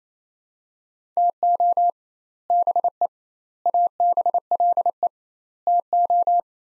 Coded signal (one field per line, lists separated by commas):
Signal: Morse code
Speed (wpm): 28 wpm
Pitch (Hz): 700 Hz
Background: none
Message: TO BE ABLE TO